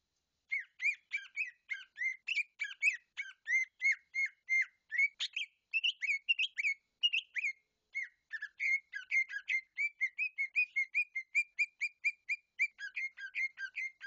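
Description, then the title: Leafbird song, a long continuous run of fast whistled and twittering notes with varied pitch, nearly unbroken, no other sounds. "CUCAK IJO"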